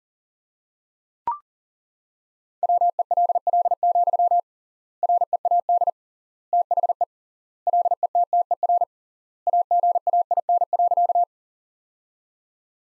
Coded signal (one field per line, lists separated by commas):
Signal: Morse code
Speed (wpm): 40 wpm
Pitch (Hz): 700 Hz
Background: none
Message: WELL, READ THE LETTER AGAIN.